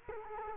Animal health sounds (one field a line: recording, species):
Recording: mosquito wingbeat signal from an infrared sensor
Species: Culex quinquefasciatus